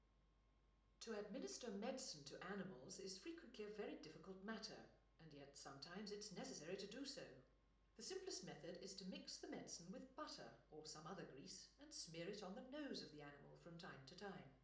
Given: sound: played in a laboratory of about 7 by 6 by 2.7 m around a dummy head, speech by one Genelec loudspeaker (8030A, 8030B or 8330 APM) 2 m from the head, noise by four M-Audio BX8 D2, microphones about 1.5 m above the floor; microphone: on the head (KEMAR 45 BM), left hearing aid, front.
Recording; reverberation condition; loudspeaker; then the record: female speech in English; medium; 120 degrees to the left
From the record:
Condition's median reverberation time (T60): about 510 ms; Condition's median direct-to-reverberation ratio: about -0.5 dB